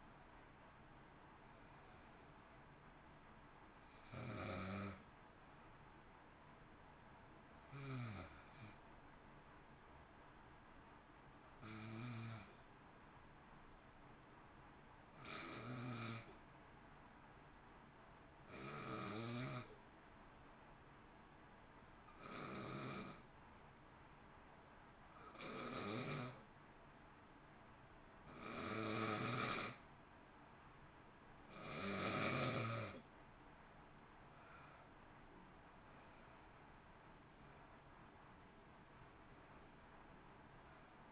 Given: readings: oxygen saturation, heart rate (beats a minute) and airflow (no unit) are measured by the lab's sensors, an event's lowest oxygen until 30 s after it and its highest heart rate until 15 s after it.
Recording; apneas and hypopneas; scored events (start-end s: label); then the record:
breathing in sleep by a voice recorder at the bedside; 1
13.00-41.12 s: new sleep stage, N2 (light sleep)
14.00-34.50 s: hypopnea (N2, oxygen 95% highest, then 86% lowest, heart rate 52 at the start, 63 highest)
From the record:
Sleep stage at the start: N1 (lightest sleep); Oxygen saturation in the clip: 88 to 95%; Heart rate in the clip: 52 to 65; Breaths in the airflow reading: 12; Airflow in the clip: -0.9 to 1.1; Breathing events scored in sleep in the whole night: 328 in 6.3 hours asleep